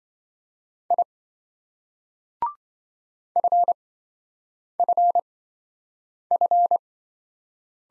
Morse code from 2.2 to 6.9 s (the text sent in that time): FFF